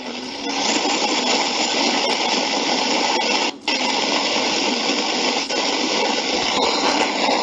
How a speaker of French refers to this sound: Quelqu'un a son micro ouvert et il pleut là-bas. Je crois que c'est pas bon.